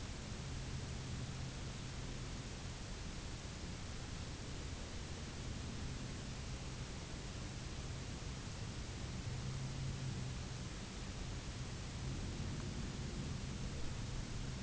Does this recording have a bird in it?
no